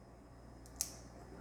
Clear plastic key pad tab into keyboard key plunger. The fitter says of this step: see i don't know if you heard that but it clicked